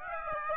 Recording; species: mosquito wingbeat signal from an infrared sensor; Aedes aegypti